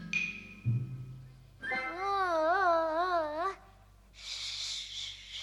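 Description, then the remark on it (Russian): A hungry little girl cries out in a single wavering wail lasting about two seconds, its pitch rising and falling, followed by a breathy, hissing sound. “Не плачь, не плачь, маленькая.”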